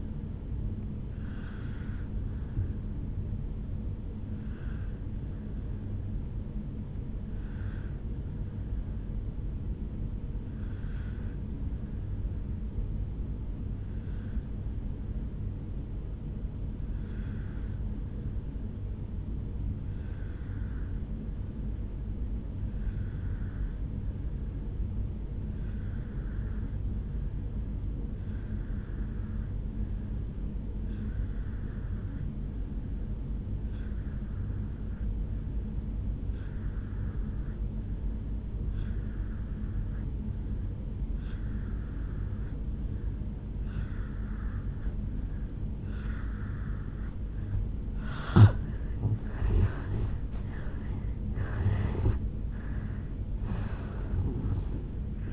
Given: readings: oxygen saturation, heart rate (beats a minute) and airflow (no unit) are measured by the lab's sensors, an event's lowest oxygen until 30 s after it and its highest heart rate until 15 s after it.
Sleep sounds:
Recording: breathing in sleep by a smartphone at the bedside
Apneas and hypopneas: 1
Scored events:
5.00-48.00 s: obstructive apnea (N1, oxygen 97% highest, then 83% lowest, heart rate 57 at the start, 79 highest)
26.00-55.32 s: new sleep stage, N2 (light sleep)
From the record:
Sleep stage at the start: N1 (lightest sleep)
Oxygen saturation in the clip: 83 to 97%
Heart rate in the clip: 56 to 79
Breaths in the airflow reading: 4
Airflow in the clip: -9.8 to 11.0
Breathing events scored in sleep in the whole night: 449 in 7.0 hours asleep

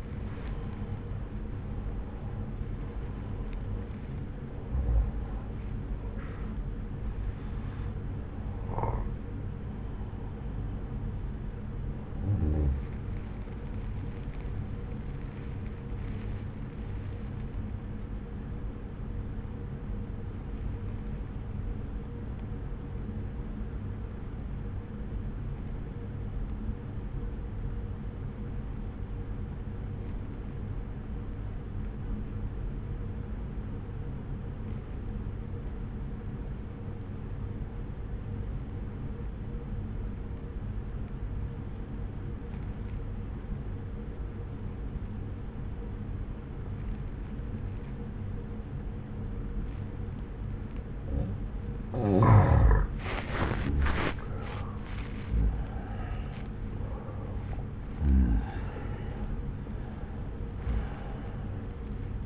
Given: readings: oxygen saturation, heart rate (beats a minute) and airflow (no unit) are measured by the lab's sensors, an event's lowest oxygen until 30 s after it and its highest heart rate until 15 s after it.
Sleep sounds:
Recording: breathing in sleep by a smartphone at the bedside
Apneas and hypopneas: 1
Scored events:
25.00-54.10 s: obstructive apnea (N1, oxygen 96% highest, then 86% lowest)
From the record:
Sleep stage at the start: N1 (lightest sleep)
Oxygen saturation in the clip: 86 to 96%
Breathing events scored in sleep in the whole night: 303 in 8.1 hours asleep

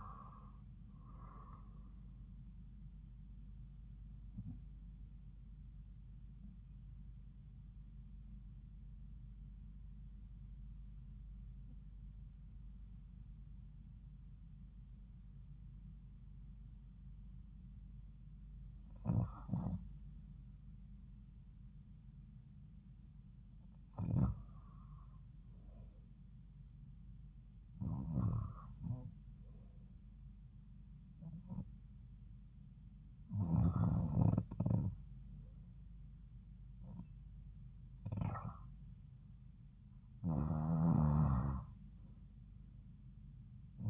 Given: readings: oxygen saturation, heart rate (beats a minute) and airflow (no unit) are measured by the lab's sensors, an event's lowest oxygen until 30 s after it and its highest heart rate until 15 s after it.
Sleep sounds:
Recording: breathing in sleep by a smartphone at the bedside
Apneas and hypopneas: 1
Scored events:
7.00-26.70 s: hypopnea (REM, oxygen 96% highest, then 91% lowest)
From the record:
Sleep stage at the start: REM sleep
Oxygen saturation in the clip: 86 to 96%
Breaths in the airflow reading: 8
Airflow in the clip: -4.3 to 4.2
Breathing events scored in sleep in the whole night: 270 in 6.1 hours asleep

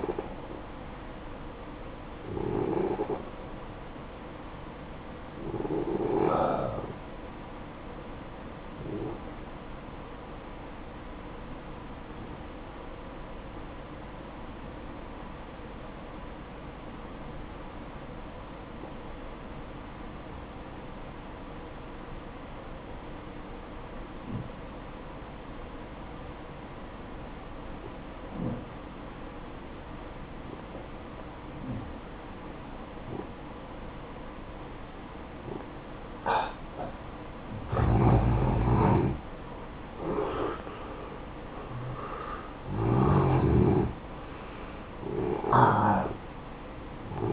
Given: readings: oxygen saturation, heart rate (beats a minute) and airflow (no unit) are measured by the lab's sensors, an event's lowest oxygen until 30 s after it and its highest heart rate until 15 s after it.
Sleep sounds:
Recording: breathing in sleep by a voice recorder at the bedside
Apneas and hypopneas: 1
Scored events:
13.00-39.40 s: obstructive apnea (N1, oxygen 95% highest, then 87% lowest, heart rate 60 at the start, 69 highest)
14.00-44.00 s: new sleep stage, N2 (light sleep)
44.00-47.33 s: new sleep stage, N1 (lightest sleep)
From the record:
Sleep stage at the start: N1 (lightest sleep)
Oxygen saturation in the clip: 86 to 95%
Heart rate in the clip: 54 to 66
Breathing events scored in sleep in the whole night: 573 in 9.8 hours asleep

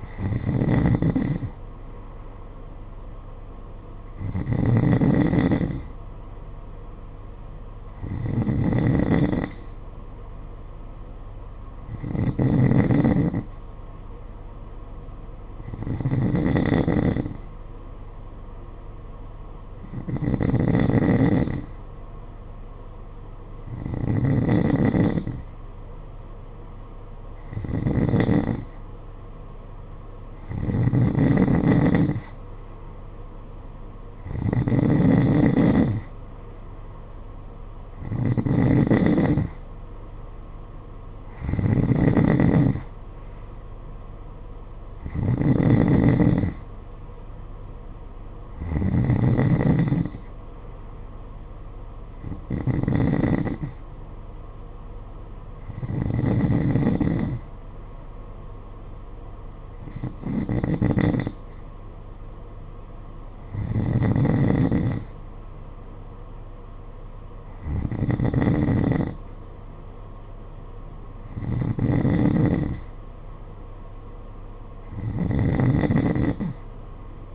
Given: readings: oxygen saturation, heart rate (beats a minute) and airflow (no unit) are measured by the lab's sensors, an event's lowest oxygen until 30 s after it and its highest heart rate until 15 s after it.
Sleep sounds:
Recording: breathing in sleep by a smartphone at the bedside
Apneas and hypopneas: none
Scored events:
none scored
From the record:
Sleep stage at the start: N2 (light sleep)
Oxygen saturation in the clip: 91 to 93%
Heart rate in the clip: 50 to 55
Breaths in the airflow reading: 21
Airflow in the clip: -9.0 to 5.9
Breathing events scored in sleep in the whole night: 476 in 9.7 hours asleep

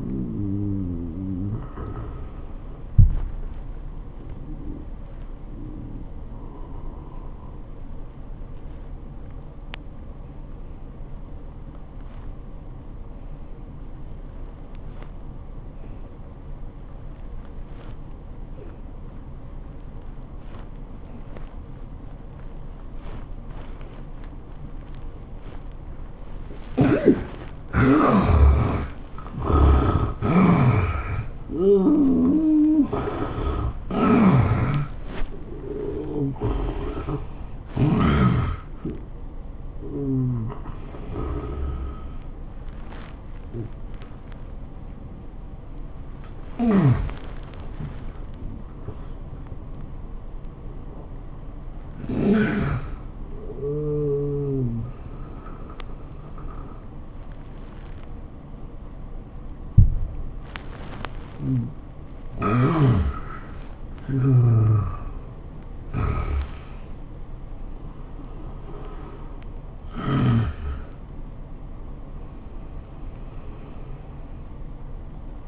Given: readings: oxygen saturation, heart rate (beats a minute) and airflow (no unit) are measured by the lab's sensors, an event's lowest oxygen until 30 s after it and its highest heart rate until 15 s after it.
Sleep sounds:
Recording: breathing in sleep by a smartphone at the bedside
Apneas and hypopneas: 2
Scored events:
4.00-24.90 s: hypopnea (N1, oxygen 97% highest, then 71% lowest, heart rate 89 at the start, 107 highest)
44.00-61.10 s: hypopnea (N1, oxygen 97% highest, then 89% lowest, heart rate 89 at the start, 103 highest)
From the record:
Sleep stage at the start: N1 (lightest sleep)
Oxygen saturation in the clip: 71 to 97%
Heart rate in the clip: 84 to 107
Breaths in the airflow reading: 14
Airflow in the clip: -16.1 to 12.9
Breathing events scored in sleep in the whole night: 403 in 5.5 hours asleep

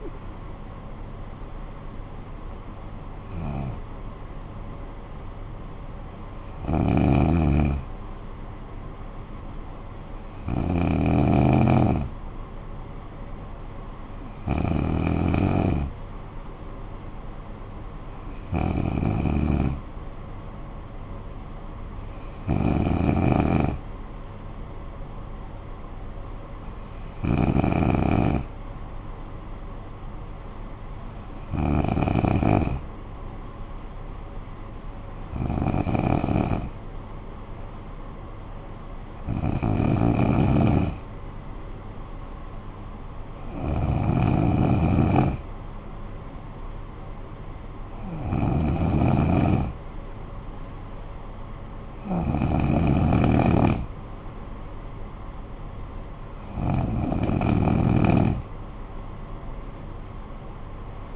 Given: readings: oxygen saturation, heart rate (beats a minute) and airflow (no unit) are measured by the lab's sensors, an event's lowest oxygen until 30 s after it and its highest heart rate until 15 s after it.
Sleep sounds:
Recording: breathing in sleep by a smartphone at the bedside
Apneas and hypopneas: 1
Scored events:
3.00-29.50 s: hypopnea (N1, oxygen 95% highest, then 92% lowest, heart rate 55 at the start, 61 highest)
From the record:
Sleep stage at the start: N1 (lightest sleep)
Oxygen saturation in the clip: 92 to 95%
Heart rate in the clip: 54 to 65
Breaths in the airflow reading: 14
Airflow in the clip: -10.6 to 9.3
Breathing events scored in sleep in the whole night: 445 in 7.6 hours asleep

